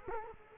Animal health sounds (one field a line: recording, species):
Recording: mosquito wingbeat signal from an infrared sensor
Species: Culex quinquefasciatus